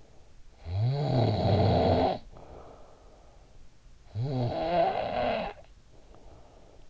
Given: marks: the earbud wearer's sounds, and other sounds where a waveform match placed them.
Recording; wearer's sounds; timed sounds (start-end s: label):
sounds in sleep by an in-ear microphone; snoring breath
0.45-3.57 s: snoring breath
3.83-6.88 s: snoring breath